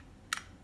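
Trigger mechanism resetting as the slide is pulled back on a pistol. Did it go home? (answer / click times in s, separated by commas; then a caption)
yes / 0.3 s. During disassembly of a Glock 48 pistol, the slide is pulled back slightly with the trigger depressed until the trigger mechanism resets. A small, sharp, bright click sounds at 0.3 s, followed by a faint second tick, over quiet background noise. The trigger has clicked as intended.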